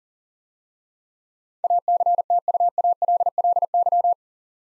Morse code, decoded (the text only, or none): ACTUALLY